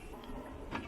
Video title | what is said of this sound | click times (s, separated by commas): Running Air Con Off Grid! 480Ah Power. IS THIS THE BEST 15ft OFFROAD HYBRID? | Undo the clip here, | 0.8 s